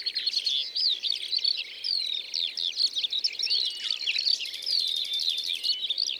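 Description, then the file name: Eurasian skylark singing a bright, tumbling stream of quick slurred whistles and buzzy trills, more broken and phrased than a steady drone. Recorded in the Drôme, France. "Alouettes des champs Concerts Naturels de la Drome Studio les Trois Becs"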